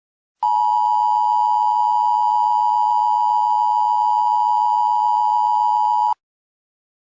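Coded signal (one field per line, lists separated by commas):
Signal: Emergency Alert System (SAME) tones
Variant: 853 and 960 Hz attention tone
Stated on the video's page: Fictional EAS scenario, a simulated alert rather than a real one.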